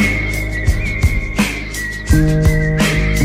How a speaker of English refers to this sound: Whistles across the meadow,